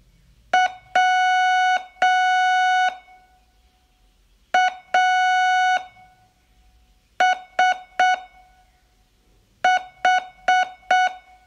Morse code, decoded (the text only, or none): WASH